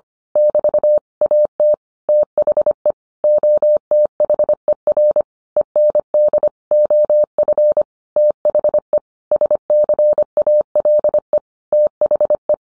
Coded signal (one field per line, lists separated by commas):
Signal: Morse code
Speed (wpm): 25 wpm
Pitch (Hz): 600 Hz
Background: none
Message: <BT> AT THE OTHER END OF THE SCALE THE